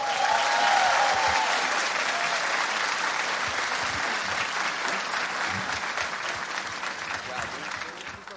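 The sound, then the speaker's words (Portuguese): A crowd claps steadily for several seconds, a dense, even wash of applause that starts strong and gradually thins slightly, with a few faint voices mixed in. “Palmas para eles, mais palmas.”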